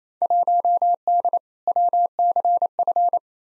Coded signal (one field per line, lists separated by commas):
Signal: Morse code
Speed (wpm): 28 wpm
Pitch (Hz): 700 Hz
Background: none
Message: 1D WCF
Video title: Field Day Exchange v2 - 28wpm